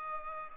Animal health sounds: mosquito wingbeat signal from an infrared sensor; Culex pipiens

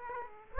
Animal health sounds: mosquito wingbeat signal from an infrared sensor; Aedes aegypti

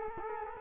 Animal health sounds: mosquito wingbeat signal from an infrared sensor; Culex quinquefasciatus

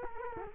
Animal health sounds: mosquito wingbeat signal from an infrared sensor; Culex quinquefasciatus

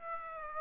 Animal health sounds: mosquito wingbeat signal from an infrared sensor; Aedes aegypti

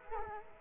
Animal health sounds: mosquito wingbeat signal from an infrared sensor; Culex quinquefasciatus

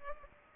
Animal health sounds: mosquito wingbeat signal from an infrared sensor; Culex pipiens

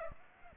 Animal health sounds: mosquito wingbeat signal from an infrared sensor; Aedes aegypti

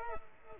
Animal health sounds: mosquito wingbeat signal from an infrared sensor; Culex quinquefasciatus

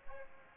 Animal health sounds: mosquito wingbeat signal from an infrared sensor; Aedes aegypti

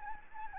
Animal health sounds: mosquito wingbeat signal from an infrared sensor; Anopheles gambiae

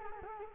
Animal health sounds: mosquito wingbeat signal from an infrared sensor; Culex quinquefasciatus

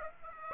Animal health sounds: mosquito wingbeat signal from an infrared sensor; Aedes aegypti

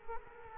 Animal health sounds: mosquito wingbeat signal from an infrared sensor; Culex quinquefasciatus

